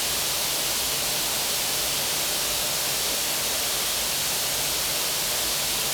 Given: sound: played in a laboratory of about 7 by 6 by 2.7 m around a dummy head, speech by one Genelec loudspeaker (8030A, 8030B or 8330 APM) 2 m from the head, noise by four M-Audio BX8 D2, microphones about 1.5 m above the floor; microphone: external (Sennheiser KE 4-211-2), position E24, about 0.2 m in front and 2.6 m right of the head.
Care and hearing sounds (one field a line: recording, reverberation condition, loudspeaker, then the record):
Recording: white noise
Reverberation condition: high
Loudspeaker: four, about 170 cm from the corners of the room and facing them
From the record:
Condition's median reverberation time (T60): about 1300 ms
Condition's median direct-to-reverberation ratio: about -4.0 dB